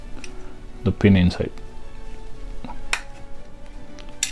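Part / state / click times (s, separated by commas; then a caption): LED headlight bulb retaining clip into motorcycle headlight housing / seated / 2.9 s, 4.2 s. A finger pushes the retaining pin or clip of an LED headlight bulb into the headlight housing of a KYMCO Spade 150i motorcycle while music plays and someone talks. Sharp clicks are heard at 2.9 s and 4.2 s as the clip locks in, and the clicks signal a perfect fit.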